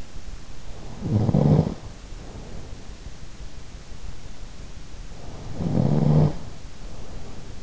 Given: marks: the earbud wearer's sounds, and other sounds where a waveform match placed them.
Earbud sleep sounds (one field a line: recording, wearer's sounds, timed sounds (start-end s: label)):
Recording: sounds in sleep by an in-ear microphone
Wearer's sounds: snoring breath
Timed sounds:
0.65-2.94 s: snoring breath
5.11-7.63 s: snoring breath